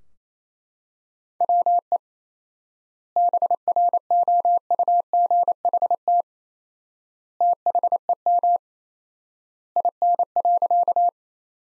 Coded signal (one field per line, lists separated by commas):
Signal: Morse code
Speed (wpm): 27 wpm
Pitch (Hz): 700 Hz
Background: none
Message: WE BROUGHT THEM IN.